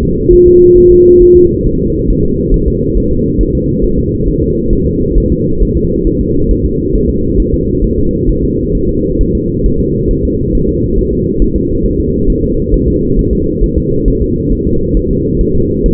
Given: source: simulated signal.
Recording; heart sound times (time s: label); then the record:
fetal heart sounds
0.03 s: S2
0.33 s: S1
0.47 s: S2
0.78 s: S1
0.92 s: S2
1.22 s: S1
1.36 s: S2
1.67 s: S1
1.81 s: S2
2.10 s: S1
2.25 s: S2
2.54 s: S1
2.68 s: S2
2.97 s: S1
3.11 s: S2
3.41 s: S1
3.55 s: S2
3.84 s: S1
3.98 s: S2
4.28 s: S1
4.42 s: S2
4.73 s: S1
4.87 s: S2
5.18 s: S1
5.32 s: S2
5.62 s: S1
5.76 s: S2
6.07 s: S1
6.21 s: S2
6.51 s: S1
6.65 s: S2
6.95 s: S1
7.10 s: S2
7.40 s: S1
7.54 s: S2
7.84 s: S1
7.98 s: S2
8.29 s: S1
8.44 s: S2
8.75 s: S1
8.89 s: S2
9.21 s: S1
9.35 s: S2
9.66 s: S1
9.80 s: S2
10.11 s: S1
10.25 s: S2
10.55 s: S1
10.69 s: S2
10.99 s: S1
11.13 s: S2
11.42 s: S1
11.56 s: S2
11.86 s: S1
12.00 s: S2
12.30 s: S1
12.44 s: S2
12.74 s: S1
12.88 s: S2
13.19 s: S1
13.33 s: S2
13.63 s: S1
13.78 s: S2
14.08 s: S1
14.22 s: S2
14.52 s: S1
14.67 s: S2
14.97 s: S1
15.11 s: S2
15.41 s: S1
15.55 s: S2
15.86 s: S1
From the record:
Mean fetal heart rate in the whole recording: 135 bpm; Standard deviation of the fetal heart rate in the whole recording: 3 bpm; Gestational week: 36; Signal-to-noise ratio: -15.3 dB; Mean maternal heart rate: 72 bpm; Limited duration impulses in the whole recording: present